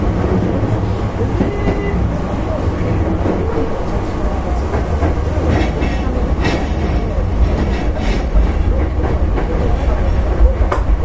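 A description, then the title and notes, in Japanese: Running sound inside an express train on the Takarazuka Line: a steady, dense low rumble that holds at an even level throughout. Frequent clicks and rattles from the wheels and car body come through, with faint murmuring voices underneath and a brief whine near two seconds. 阪急6000系 宝塚線急行 梅田から宝塚まで。It is running sound of Hankyu Railway 6000 series train.I recorded on the express train of Takarazuka Line.The section is from Umeda to Takarazuka.電車の走行音。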